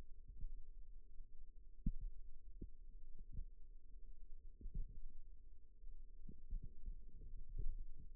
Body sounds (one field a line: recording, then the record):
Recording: forearm muscle sounds (acoustic myography)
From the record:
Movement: rest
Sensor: system 2, bracelet of six BSWA MPA416 microphones around the upper forearm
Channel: 2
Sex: male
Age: 22 years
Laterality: right